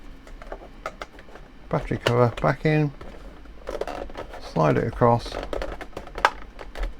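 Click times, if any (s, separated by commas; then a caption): 6.2 s. A plastic battery compartment cover is slid across into its slot on a Grundig Melody Boy 600 portable radio case while someone talks, with soft scraping and tapping sounds as it moves. At 6.2 s it latches with a sharp, loud click, seating the cover in place.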